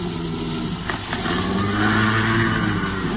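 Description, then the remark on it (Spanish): A low, rumbling animal growl, likened to a rabid dog or a human wolf, holds steady for about three seconds, its throaty tone swelling slightly louder and rougher toward the end, with no voices over it. “Es como un gruñido. Un perro rabioso. Un lobo humano.”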